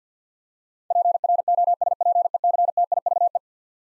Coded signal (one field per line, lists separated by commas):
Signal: Morse code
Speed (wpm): 50 wpm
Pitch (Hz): 700 Hz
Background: none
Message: PROSPECTIVE